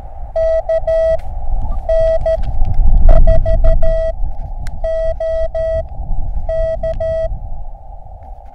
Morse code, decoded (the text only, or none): KN4OK